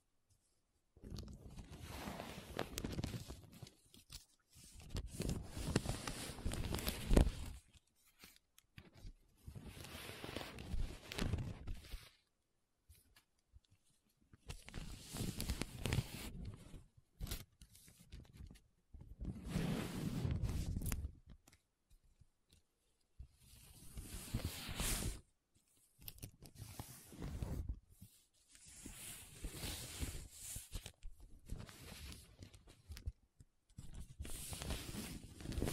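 Paper being rubbed and scratched in repeated strokes of a few seconds each, broken by short silences, with occasional sharper scraping accents.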